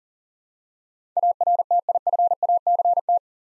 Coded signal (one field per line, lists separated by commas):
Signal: Morse code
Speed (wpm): 40 wpm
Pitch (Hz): 700 Hz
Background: none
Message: ARTIFACT